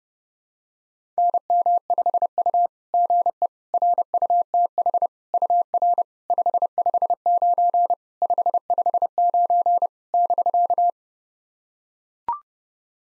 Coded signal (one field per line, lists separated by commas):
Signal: Morse code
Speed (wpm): 30 wpm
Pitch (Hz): 700 Hz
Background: none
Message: NM5U GE RUTH UR 559 559 <BK>